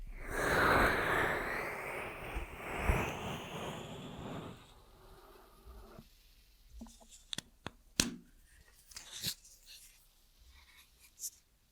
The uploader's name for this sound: Ear Massage Triggers